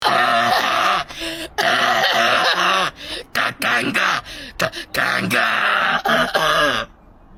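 A run of harsh, forceful coughs comes in irregular bursts, several strongly voiced with a groaning, throaty edge, over about seven seconds. This is an acted aggressive cough from an adult.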